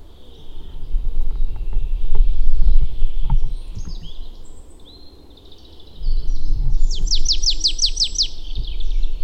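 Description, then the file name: Marsh tit ending with a rapid series of about seven high, downward-sweeping chips, after a stretch of loud low rumbling noise. "Poecile palustris"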